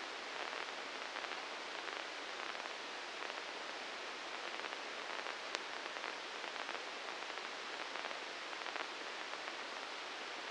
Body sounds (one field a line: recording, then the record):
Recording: brain microelectrode recording played as sound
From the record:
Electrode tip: inside the subthalamic nucleus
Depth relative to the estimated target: -2 mm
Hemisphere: right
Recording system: NeuroSet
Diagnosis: Parkinson's disease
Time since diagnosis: 19 years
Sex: female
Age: 69 years